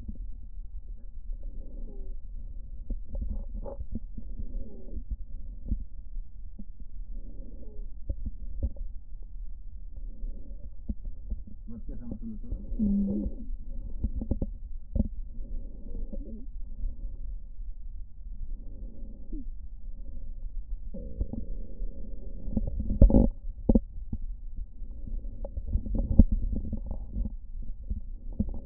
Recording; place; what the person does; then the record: lung sounds by stethoscope; right posterior basal chest; quiet breathing, then deep breathing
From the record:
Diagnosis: asthma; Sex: female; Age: 56 years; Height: 161 cm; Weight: 85 kg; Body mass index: 32.8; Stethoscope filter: diaphragm mode